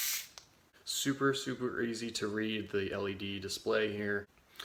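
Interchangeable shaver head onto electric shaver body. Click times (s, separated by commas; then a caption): 0.4 s. A detachable plastic rotary shaver head, one of the interchangeable heads, is pushed back onto the body of an electric shaver and clicks into place. A single sharp click sounds at 0.4 s, then someone talks.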